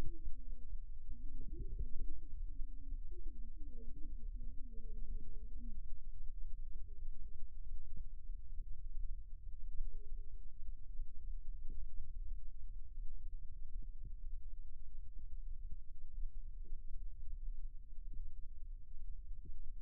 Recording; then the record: forearm muscle sounds (acoustic myography)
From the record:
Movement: rest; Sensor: system 2, bracelet of six BSWA MPA416 microphones around the upper forearm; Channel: 6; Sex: male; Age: 22 years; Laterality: right